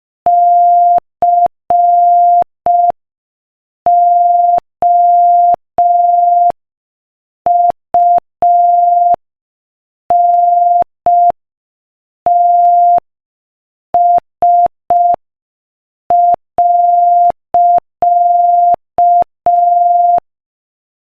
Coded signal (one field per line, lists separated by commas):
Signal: Morse code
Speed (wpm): 5 wpm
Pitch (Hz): 700 Hz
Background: none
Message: COUNTS.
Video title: Morse Code Practice: 5 wpm Inspirational Quote 15